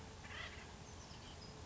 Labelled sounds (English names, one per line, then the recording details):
Acorn Woodpecker
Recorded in Sonoma County, California